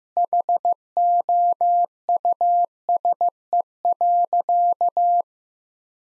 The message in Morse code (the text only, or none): HOUSE.